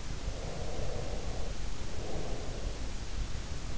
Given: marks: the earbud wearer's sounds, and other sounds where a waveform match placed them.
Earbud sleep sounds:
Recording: sounds in sleep by an in-ear microphone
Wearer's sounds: breath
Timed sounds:
0.07-3.27 s: breath

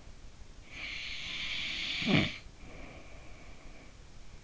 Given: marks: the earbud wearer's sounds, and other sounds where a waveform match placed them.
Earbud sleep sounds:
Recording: sounds in sleep by an in-ear microphone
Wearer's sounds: snoring breath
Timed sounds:
0.23-3.95 s: snoring breath

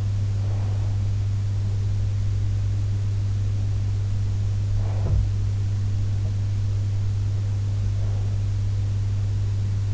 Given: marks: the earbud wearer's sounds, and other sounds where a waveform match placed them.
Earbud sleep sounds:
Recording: sounds in sleep by an in-ear microphone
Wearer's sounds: breath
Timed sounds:
0.00-1.33 s: breath
5.05-5.36 s: sound from someone else or the room

